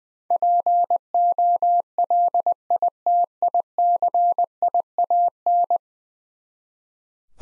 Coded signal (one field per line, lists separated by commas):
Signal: Morse code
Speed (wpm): 20 wpm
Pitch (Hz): 700 Hz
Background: none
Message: POLITICIAN